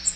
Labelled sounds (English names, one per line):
Magnolia Warbler flight call